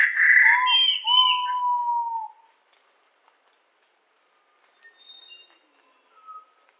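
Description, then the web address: Ivory-breasted pitta gives one short note and a long falling whistle, overlapped by loud bright chattering from another bird; soft calls follow. Recorded in Indonesia. "ULM-DS-Lab indonesian-bird-sounds. Pitta maxima"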